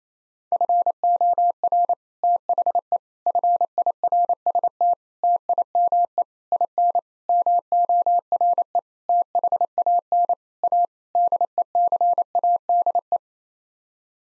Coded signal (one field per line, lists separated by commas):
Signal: Morse code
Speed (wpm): 27 wpm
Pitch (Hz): 700 Hz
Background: none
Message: FOR THE FIRST TIME IN MORE THAN A DECADE